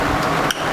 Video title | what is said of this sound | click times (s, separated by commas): Mercedes ML63 Air Filter Change | Okay, put the socket back in. You can hear the click. Yeah. | 0.5 s